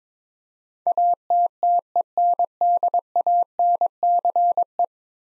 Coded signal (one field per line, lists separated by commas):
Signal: Morse code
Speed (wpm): 22 wpm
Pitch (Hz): 700 Hz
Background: none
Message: ATTENDANCE